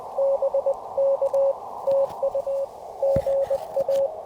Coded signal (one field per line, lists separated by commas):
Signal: Morse code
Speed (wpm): 19 wpm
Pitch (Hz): 550 Hz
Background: none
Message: BK TU GA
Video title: POTA in CW with subtitles. POTA Pack Mule. *corrected and reposted